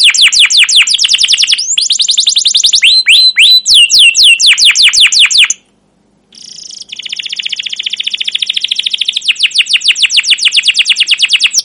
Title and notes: CUIT CUIT NGEROL LANGSUNG GACOR PANJANG Kenari Utk Pancingan KENAR. PANCINGAN Kenari GACOR PANJANG Cuit CUIT EMOSI utk MASTERAN Kenari PAUD belajar BUNYI. burung kenari